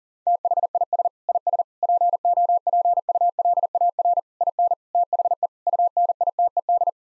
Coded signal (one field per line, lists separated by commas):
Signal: Morse code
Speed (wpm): 37 wpm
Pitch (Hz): 700 Hz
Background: none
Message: THIS IS POPULAR IN THE UNITED